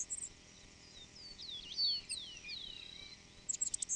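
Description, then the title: Black-masked finch giving thin high whistled notes that sweep up and down in a quick, tangled run, with brief sharp ticks at the start and end over a faint steady hiss. "LuckyPassaro Completos2Sama. Black-masked Finch (Coryphaspiza melanotis)"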